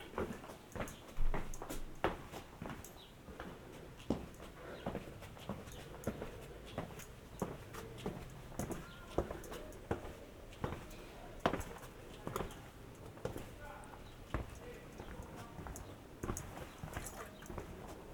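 A walk through Piran, Slovenia, with a steady murmur of voices and sharp footsteps or clattering knocks landing every second or so. Louder clacks stand out around 1, 11 and 16 seconds, over a low, even street hum throughout.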